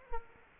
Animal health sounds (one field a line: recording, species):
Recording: mosquito wingbeat signal from an infrared sensor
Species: Culex quinquefasciatus